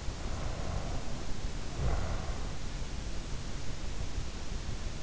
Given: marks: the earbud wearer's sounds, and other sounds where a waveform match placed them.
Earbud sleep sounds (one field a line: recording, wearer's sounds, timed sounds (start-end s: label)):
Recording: sounds in sleep by an in-ear microphone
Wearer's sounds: snoring breath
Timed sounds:
0.18-2.54 s: snoring breath